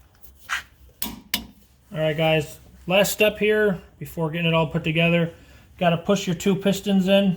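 A click-type torque wrench is pulled to its set torque on the upper caliper bracket bolt of a Chevy Silverado front brake, and it clicks sharply at 1.0 s and 1.3 s. Someone then talks through the rest of the clip.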